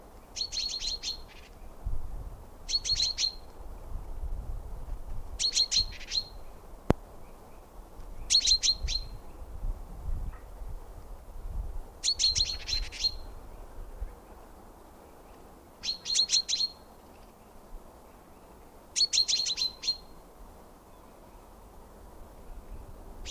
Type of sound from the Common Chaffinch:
alarm call